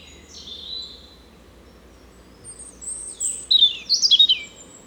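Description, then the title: European robin song, a faint thin note early on, then a burst of high, rapid, tinkling trills near the end, with a soft hiss beneath. Spring song in a small wood along the Rouquette stream, Saint-Jean, France; recorded with a Dodotronic Highsound parabolic dish and Zoom H4n Pro. "53 Chemin Bellevue, Saint-Jean, France - Chant printanier : Rouge Gorge"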